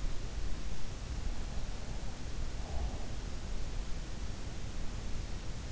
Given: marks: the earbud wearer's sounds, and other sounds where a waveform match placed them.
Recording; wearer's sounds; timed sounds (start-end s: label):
sounds in sleep by an in-ear microphone; breath
1.36-3.26 s: breath